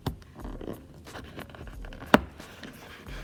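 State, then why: Released. A fragile plastic latch holding the rear seat or trim piece to the body of a GS300 is pushed to lift the part during rear seat removal, at a spot where these latches usually break. Faint handling scrapes and light ticks lead to one sharp, loud pop at 2.2 s as the latch releases and pops open.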